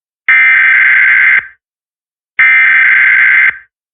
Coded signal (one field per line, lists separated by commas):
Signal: Emergency Alert System (SAME) tones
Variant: header bursts